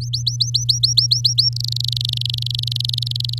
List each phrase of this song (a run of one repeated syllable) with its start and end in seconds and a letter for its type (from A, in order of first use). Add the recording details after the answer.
0.01-1.49 A, 1.52-3.39 B. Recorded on 10 May 2018 at 17:08. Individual llb16